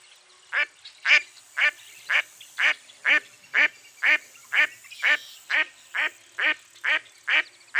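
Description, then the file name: Duck giving a steady run of harsh, nasal quacks, around two per second, many calls in an unbroken series. "zvuki glazchatoi kriakvy"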